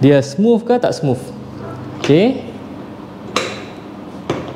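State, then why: Seated. Someone talks, then the hinged seat of a SYM VFE 185i scooter is closed onto its seat latch, giving a single sharp clack at 3.4 s as it locks shut. It locks with just a light press, with no need to slam it. Two fainter ticks follow at 4.3 s and 4.6 s.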